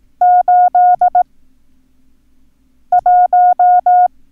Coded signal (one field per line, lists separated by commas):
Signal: Morse code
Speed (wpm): 18 wpm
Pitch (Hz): 720 Hz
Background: none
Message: 81